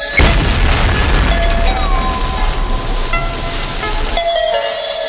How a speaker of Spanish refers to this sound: Hace 13.700 millones de años, en una violenta y enceguecedora explosión, se inició la historia.